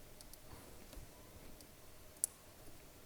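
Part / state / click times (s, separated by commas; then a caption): connector locking tab on a fuel pressure sensor harness plug / seated / 2.2 s. The gray locking tab on a fuel pressure sensor harness plug is pushed in after the harness's male connector is plugged into the female connector, on a 2023 GMC/Chevy 3.0L LZ0 Duramax during an Ag Diesel Solutions 61900 install. A sharp, bright click at 2.2 seconds stands out over quiet background noise with a few faint ticks. The locking tab engages and the connector is locked.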